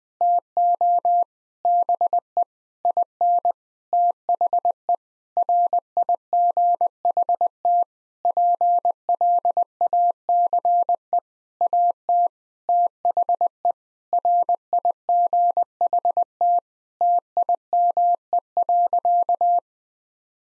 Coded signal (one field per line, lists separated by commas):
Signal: Morse code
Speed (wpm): 20 wpm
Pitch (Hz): 700 Hz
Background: none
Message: TO BE IN THE RIGHT PLACE AT THE RIGHT TIME.